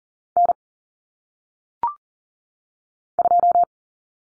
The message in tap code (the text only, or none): none